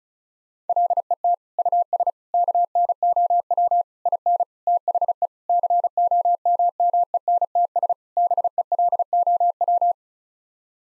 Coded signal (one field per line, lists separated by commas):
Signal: Morse code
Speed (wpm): 36 wpm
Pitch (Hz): 700 Hz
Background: none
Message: LET US KNOW IN THE COMMENTS BELOW